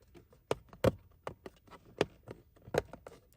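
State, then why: Seated. The plastic cabin air filter cover in the glovebox area of a 2018 Subaru Crosstrek is lined up at the top and pushed into the HVAC airbox housing so its bottom tabs snap in. Sharp plastic snaps are heard at 0.5, 1.3 and 2.0 seconds, among lighter taps and handling sounds, and no one talks. The cover ends up seated in place.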